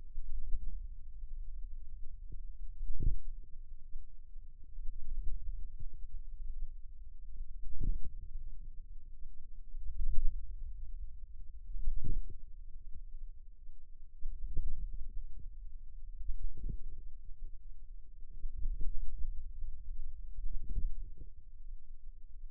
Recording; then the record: forearm muscle sounds (acoustic myography)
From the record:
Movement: hand closing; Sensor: system 2, bracelet of six BSWA MPA416 microphones around the upper forearm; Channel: 5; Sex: female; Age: 22 years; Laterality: right